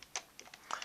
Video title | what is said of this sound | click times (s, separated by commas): MagiLamp Review | the slider and it locks into place like that | 0.2 s